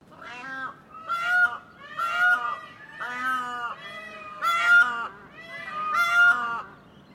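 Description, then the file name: Indian Peafowl calls: six loud, nasal, harmonic wails, each about half a second long, at irregular intervals. Mixed calls. "BIRD PEACOCK MIXED CALL"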